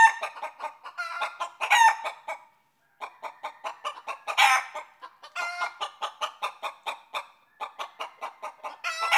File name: Bird Chicken